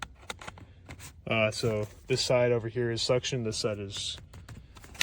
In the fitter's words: uh kind of like twist it and it'll click in place like that.